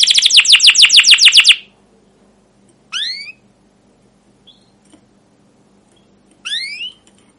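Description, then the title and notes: Canary song opens with a fast, even trill of chirps for about a second and a half, followed after pauses by two separate rising whistled notes. Canary song with 'cuit cuit' calls and 'ngerol' rolling style, used as a lure and master for training young canaries to learn sounds. "CUIT CUIT NGEROL LANGSUNG GACOR PANJANG Kenari Ini Utk Pancingan KENAR. PANCINGAN Kenari GACOR PANJANG Cuit CUIT EMOSI ini utk MASTERAN Kenari PAUD belajar BUNYI. burung kenari"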